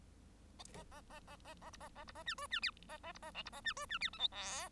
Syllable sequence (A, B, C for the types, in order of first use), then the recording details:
A A A A A A B A A B A C D C E A A B A F B A C D C E G H I. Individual Bird1